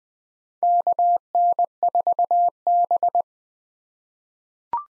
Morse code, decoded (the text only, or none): KN4B